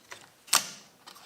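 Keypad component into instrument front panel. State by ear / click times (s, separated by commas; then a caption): seated / 0.5 s. A keypad component is pressed into its spot in the plastic front panel of a Hewlett Packard 8753E vector network analyzer during keypad reassembly. A single sharp, bright snap at 0.5 seconds marks it seating in place, followed by a short decaying tail. Softer handling clicks come before and after it.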